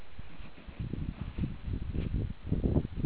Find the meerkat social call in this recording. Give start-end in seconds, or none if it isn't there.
none